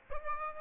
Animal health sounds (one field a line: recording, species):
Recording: mosquito wingbeat signal from an infrared sensor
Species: Aedes aegypti